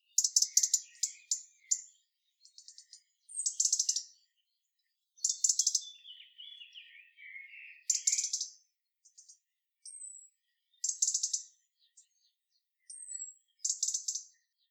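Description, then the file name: European robin calls, bursts of dry high ticks coming at irregular intervals, with faint twittering and a few thin whistles. "Erithacus rubecula"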